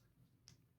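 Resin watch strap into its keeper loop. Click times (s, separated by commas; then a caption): 0.5 s. A resin G-Shock GA010-1A watch strap is fastened on a wrist, and its keeper loop snaps into place with a short, sharp click at 0.5 s over a low background hum. The strap is seated in the keeper.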